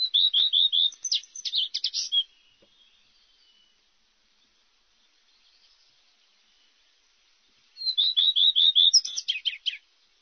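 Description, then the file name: Common redstart song: two short phrases, each opening with a run of quick, even high notes and breaking into a scratchy, jumbled twitter, separated by several seconds of silence. "rouge queue a front blanc"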